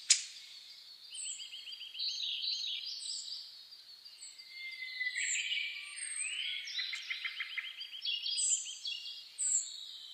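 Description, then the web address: Several birds singing: rapid rattling trills, clear whistled phrases and high sweeping notes overlapping in a busy chorus. Dawn chorus (reimei) of birdsong (saezuri), recorded 10 May 2010 at 04:01. "reimei -saezuri-20100510-0401"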